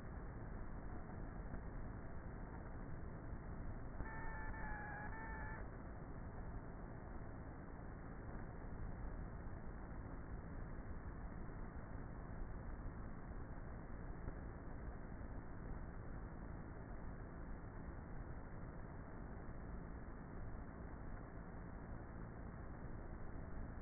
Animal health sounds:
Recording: honeybee colony, microphone inside the hive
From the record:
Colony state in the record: queenless with a low population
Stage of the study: before two queens were removed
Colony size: about 30,000 bees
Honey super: no

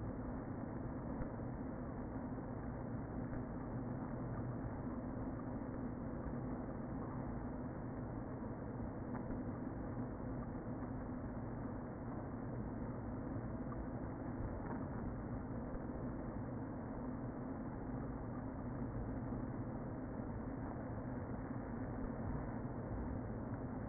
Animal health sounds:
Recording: honeybee colony, microphone inside the hive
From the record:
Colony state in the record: queen present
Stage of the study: before two queens were removed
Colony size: about 60,000 bees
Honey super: yes

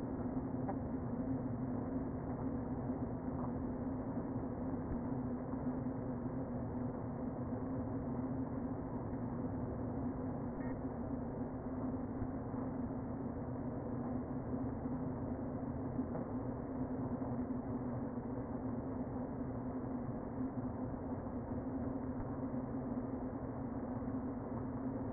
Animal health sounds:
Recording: honeybee colony, microphone inside the hive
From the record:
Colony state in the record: queen present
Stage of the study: before two queens were removed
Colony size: about 60,000 bees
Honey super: yes

